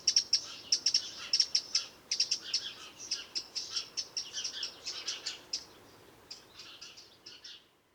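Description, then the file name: Eurasian wren calling with hard, high clicks that run into denser, faster ticking bursts before slowing to scattered notes near the end. "Troglodytes troglodytes"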